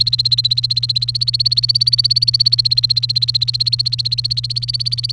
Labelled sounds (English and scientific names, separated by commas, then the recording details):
Domestic Canary (Serinus canaria) song
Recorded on 29 April 2018 at 13:44
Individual llb3